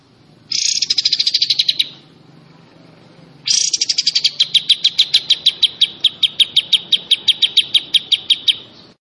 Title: Besetan Kapas Tembak. Kapas Tembak Ini Besetannya Parah Kawan